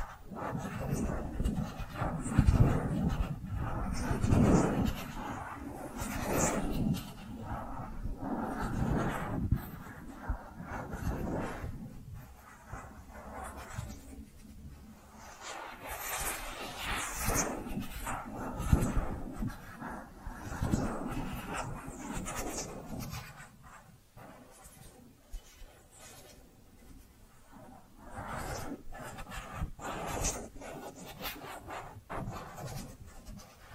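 Soft brushing and squishy, wet-sounding triggers fill the recording, with dense scratchy strokes in irregular bursts. The first twenty seconds are busier and louder, with a few sharper knocks around the third second, before things thin into quieter, sparser strokes.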